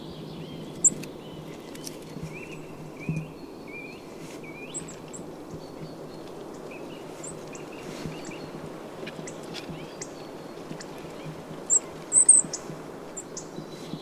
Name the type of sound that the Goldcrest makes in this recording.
call